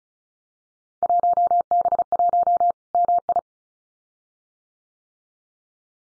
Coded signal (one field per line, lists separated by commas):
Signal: Morse code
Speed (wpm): 36 wpm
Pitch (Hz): 700 Hz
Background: none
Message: 1B1 MI